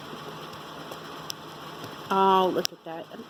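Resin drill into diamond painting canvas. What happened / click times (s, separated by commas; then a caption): A small resin bead snapped down into place / 1.3 s. A resin diamond painting drill is pressed into the canvas by rubbing the blunt end of the applicator tip across the placed drills, and it snaps down into place with a short, sharp click at 1.3 s. Someone then talks over low background noise.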